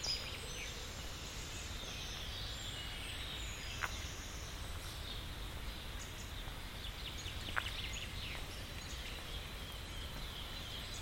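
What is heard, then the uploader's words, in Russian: Nature sounds mingle with the hum of civilization: a steady low rumble like distant traffic runs throughout. Above it, high chirps and bird calls flicker constantly, with a couple of sharp clicks near four and seven and a half seconds. 3D саундскейп передаёт атмосферу майского утра г. Звуки природы гармонично переплетены с движением цивилизации.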